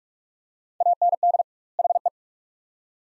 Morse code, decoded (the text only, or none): AND HE